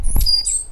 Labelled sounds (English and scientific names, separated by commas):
Stitchbird (Notiomystis cincta) song